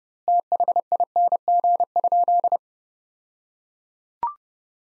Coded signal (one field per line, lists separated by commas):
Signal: Morse code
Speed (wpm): 32 wpm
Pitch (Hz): 700 Hz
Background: none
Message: THING?